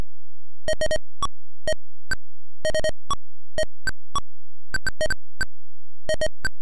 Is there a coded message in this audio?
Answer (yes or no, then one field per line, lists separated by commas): no